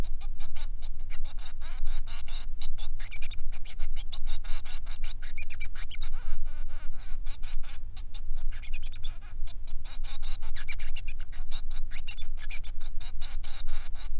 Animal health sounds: song of a male Bengalese finch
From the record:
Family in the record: son of father 3

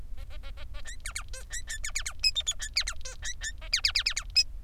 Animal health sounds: song of a male Bengalese finch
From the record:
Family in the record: son of father 3

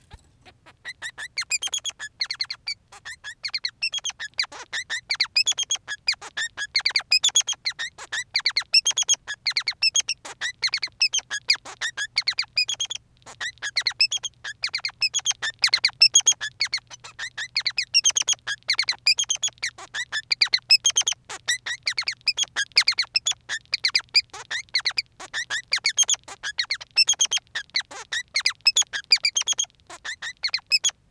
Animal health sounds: song of a male Bengalese finch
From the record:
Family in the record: son of father 3

